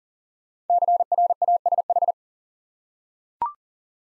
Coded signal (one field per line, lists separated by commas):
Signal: Morse code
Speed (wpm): 39 wpm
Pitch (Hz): 700 Hz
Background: none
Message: CRASH